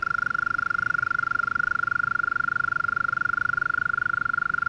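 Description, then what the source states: European mole cricket song, a sustained monotonous churr at constant pitch and rapid pulse rate. Small population in a flooded alpine pasture at 1250 m, Le Villard, Drôme, France, 3 May 2020, heard every year at this period; recorded in stereo on Nagra Seven with MKH40 microphone.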